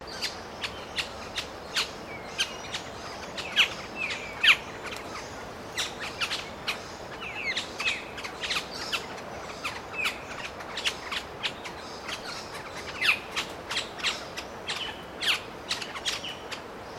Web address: Sound Effects-Foundation 1 BIRD FIG BIRD CALL